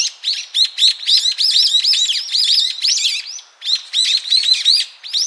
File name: Ixos amaurotis